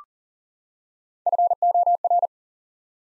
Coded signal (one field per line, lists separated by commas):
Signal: Morse code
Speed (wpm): 40 wpm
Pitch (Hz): 700 Hz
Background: none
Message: FOR